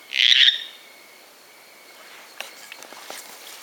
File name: Dendropsophus stingi